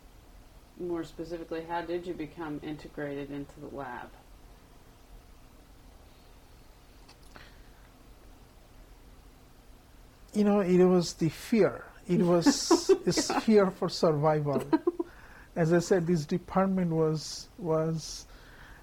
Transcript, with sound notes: More specifically, how did you become integrated into the lab?
You know, it was the fear. [laughter] It was fear for survival. As :00I said, this department was